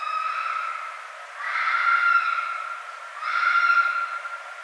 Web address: mammals Red Fox 2012 02 01 Red Fox